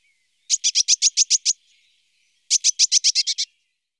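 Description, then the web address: Eurasian blue tit giving two bursts of harsh, buzzy, evenly spaced notes, about eight per burst, separated by a second of quiet. "IVN Zangvogels. Pimpelmees"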